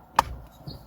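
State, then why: Seated. A cable connector is pushed into a Comma.ai Openpilot dash camera driver-assist device being installed in a 2019 Camry Hybrid. A single sharp click lands at 0.2 s, followed by a softer thump around 0.7 s. The connector is confirmed seated.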